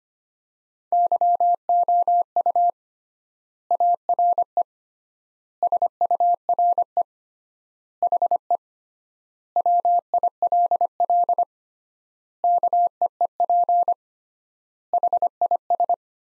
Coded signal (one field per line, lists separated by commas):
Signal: Morse code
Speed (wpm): 25 wpm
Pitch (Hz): 700 Hz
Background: none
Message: YOU ARE SURE HE WILL KEEP HIS